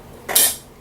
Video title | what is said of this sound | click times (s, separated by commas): Stanley camp and cook set | and it pops into place, and it's in place. | 0.3 s, 0.4 s